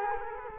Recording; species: mosquito wingbeat signal from an infrared sensor; Culex quinquefasciatus